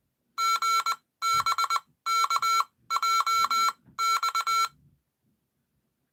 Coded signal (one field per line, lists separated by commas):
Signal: Morse code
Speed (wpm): 20 wpm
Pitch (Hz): 1350 Hz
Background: none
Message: GBKJX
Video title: Danny Radio and Tech Live Stream - Dr. Sky Show on 770 AM WABC 5/16/2026